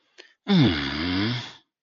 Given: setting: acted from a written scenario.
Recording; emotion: vocal sound without words; ecstasy